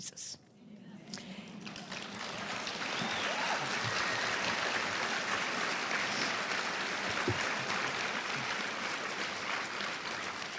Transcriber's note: applause